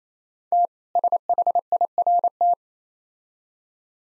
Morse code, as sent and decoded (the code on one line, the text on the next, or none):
- / ... .... .. .-. -
T SHIRT